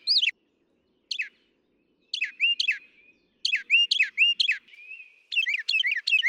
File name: Northern Mockingbird